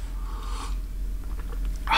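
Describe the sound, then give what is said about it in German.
A slurping sip of hot coffee, a soft airy draw followed by quiet swallowing sounds and another breathy slurp at the end, with no talking. “Ja, oh, jetzt mal runterschlucken, das ist ganz schön heiß.”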